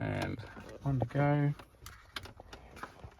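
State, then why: Not seated. A wiring plug is handled at the switch panel socket in a BMW centre console during an iDrive swap. Someone talks briefly, followed by a few faint, short handling taps. Nothing has seated or clicked yet.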